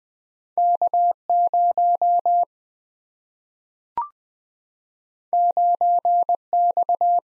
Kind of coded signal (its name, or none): Morse code